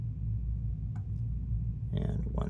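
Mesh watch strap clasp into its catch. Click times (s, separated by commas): 2.4 s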